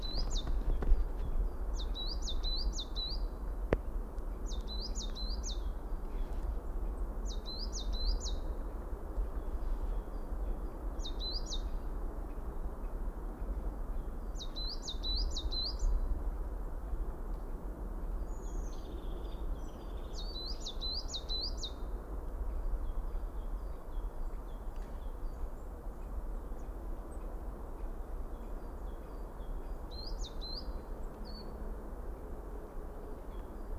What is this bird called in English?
Coal Tit